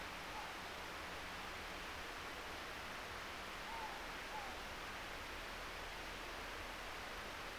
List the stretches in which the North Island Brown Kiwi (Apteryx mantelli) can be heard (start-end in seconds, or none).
none